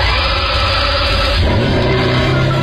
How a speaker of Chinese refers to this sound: 同样是 V12 发动机，这是1990年的 Diablo， 这款车上据说是由克莱斯勒提供的配件。